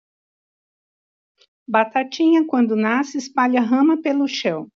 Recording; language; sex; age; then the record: short text; Brazilian Portuguese; female; 60 to 69 years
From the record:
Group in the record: control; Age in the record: 62 years